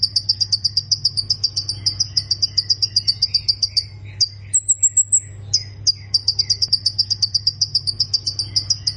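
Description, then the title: Plain prinia song as long fast series of sharp high ticks, about four per second, broken by a brief thin whistle, with a steady low hum in the background. "Ciblek Sawah"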